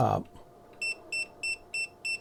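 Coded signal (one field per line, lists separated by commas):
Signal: none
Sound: EMF meter alert beeps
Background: speech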